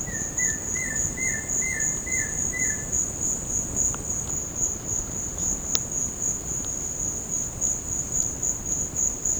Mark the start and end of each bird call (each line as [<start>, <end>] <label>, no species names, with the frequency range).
[0.05, 2.78] bird call (1.4-2.4 kHz)